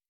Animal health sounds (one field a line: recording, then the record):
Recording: hydrophone in a shrimp aquaculture tank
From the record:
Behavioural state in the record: stressed